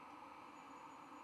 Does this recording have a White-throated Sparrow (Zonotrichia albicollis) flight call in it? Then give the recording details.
no. No flight call is heard. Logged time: 22:47 on 4 November 2014